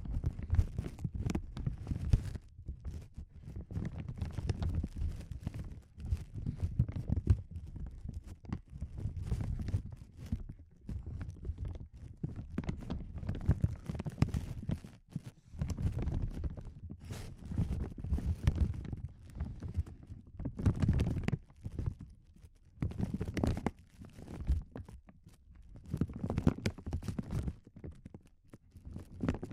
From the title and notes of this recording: ASMR Sensitive Crinkles (No Talking).